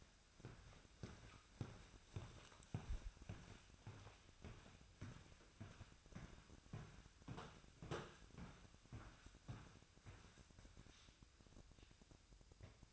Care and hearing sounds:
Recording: daily activity, microphone in the room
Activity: walk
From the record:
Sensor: 2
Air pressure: 1001.5 hPa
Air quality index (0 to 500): 228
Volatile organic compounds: 26 ppm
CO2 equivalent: 2869 ppm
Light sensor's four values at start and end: 9/29/11/11 and 9/28/11/10

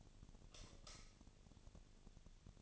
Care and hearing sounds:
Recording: daily activity, microphone in the room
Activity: light off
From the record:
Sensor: 4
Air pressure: 1010.7 hPa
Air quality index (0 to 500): 171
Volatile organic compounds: 5 ppm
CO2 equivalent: 1738 ppm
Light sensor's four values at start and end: 38/111/44/45 and 38/109/44/44

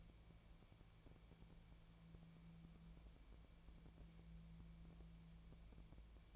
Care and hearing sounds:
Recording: daily activity, microphone in the room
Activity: wipe stove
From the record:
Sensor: 1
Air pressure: 1000.6 hPa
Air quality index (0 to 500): 186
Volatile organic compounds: 5 ppm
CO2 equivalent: 1712 ppm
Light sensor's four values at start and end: 11/27/11/13 and 11/27/11/13

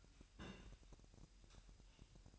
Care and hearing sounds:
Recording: daily activity, microphone in the room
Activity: place on stove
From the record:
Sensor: 2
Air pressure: 1001.8 hPa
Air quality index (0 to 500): 247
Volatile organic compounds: 36 ppm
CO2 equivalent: 3076 ppm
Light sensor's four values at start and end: 5/11/4/5 and 5/11/4/5

